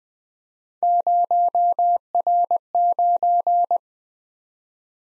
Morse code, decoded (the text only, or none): 0R9